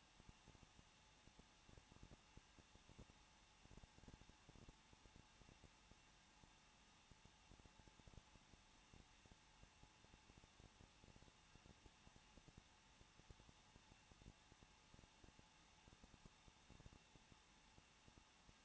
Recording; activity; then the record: daily activity, microphone in the room; no activity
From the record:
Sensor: 1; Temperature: 20.1 degrees Celsius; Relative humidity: 39.1%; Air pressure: 1006.4 hPa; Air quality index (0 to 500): 216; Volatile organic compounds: 73 ppm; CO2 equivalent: 3550 ppm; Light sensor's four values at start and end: 1/2/1/1 and 1/2/1/1